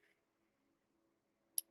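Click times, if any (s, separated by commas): 1.6 s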